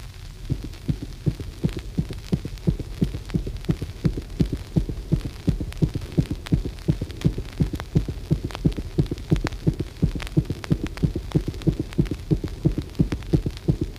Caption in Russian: Звуковые явления сердца во время приступа пароксизмальной тахикардии. Тоны сердца, особенно первый, усилены. Интервалы между тонами сердца одинаковые, короткие.